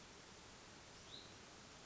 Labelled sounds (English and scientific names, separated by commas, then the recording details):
Hutton's Vireo (Vireo huttoni)
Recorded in Sonoma County, California